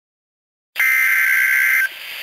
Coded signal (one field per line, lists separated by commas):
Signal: Emergency Alert System (SAME) tones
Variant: header bursts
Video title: EAS Alerts #7-9